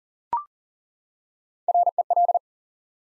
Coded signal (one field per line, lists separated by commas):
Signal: Morse code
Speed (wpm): 40 wpm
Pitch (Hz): 700 Hz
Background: none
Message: REL